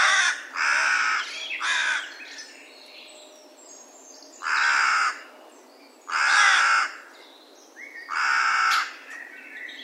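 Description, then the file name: Carrion crow giving hoarse caws: two close together at the start, then three more evenly spaced, with faint small-bird chirps between them. "Corvus corone"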